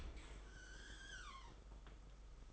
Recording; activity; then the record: daily activity, microphone in the room; open dishwasher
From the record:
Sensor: 5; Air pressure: 991.5 hPa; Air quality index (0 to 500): 118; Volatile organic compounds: 38 ppm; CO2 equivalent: 3120 ppm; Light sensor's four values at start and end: 40/125/48/51 and 40/125/47/51